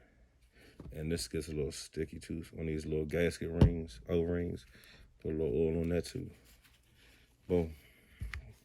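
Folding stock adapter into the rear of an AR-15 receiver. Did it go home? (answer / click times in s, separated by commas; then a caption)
no / none. Someone talks while handling a folding stock adapter fitted with oiled O-ring gaskets, getting it ready to go into the rear of a metal AR-15 receiver during reassembly. A brief sharp sound occurs near 8.3 seconds, but nothing has seated or clicked yet when the clip ends.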